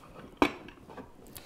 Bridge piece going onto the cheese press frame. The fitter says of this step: you see how it kind of snapped into place